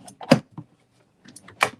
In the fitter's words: And you push it in until you hear that click.